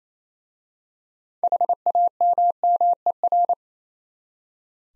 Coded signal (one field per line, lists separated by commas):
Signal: Morse code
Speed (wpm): 28 wpm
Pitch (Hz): 700 Hz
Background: none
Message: HAMMER